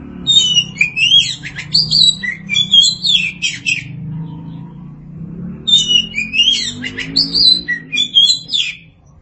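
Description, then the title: Oriental magpie-robin song, varied rapid whistled and scratchy phrases in two long bursts, over a low steady hum. Kacer (Oriental magpie-robin) song. "Suara Kicauan Burung Kacer Durasi Panjang"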